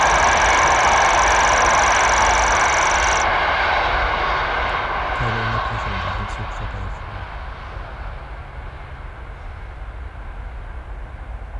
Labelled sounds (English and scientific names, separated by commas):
Common Grasshopper Warbler (Locustella naevia) song